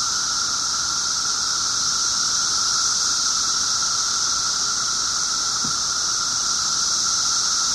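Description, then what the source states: Periodical cicadas droning together in a constant shrill hiss over a lower steady hum, with one brief faint low sound late on. 17-year cicadas, several together; recorded 24 June 2007 at 1:30 pm.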